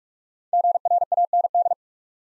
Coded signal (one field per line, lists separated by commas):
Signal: Morse code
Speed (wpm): 44 wpm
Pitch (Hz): 700 Hz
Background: none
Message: GRAND